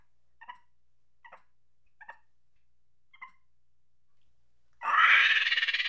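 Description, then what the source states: Monkey chattering: four short, clipped bursts about a second apart, then a sudden loud, harsh scream filling the last second. Angry monkey chattering.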